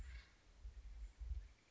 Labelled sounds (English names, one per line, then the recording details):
Acorn Woodpecker
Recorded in Sonoma County, California